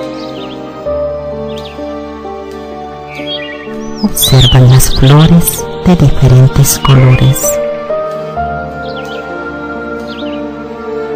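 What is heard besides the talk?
birds singing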